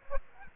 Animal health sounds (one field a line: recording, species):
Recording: mosquito wingbeat signal from an infrared sensor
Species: Aedes aegypti